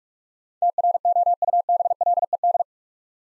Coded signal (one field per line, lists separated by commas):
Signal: Morse code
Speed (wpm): 44 wpm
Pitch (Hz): 700 Hz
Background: none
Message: TROUBLED